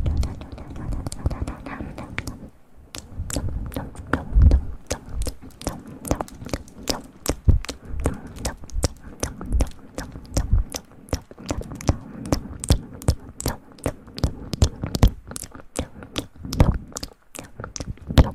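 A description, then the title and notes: Wet mouth sounds: a dense run of sharp clicks, smacks and crackles that keeps going for the whole stretch, irregular but frequent, several per second. A low soft murmur sits underneath, and the clicks turn sparser and crisper after the first couple of seconds. ASMR mouth sounds.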